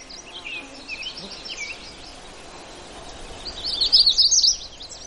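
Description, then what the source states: Magnolia Warbler song: soft high warbled notes, then a brief louder burst of high notes near the end. Singing in mixed woods full of warblers in boreal forest of northeastern Minnesota.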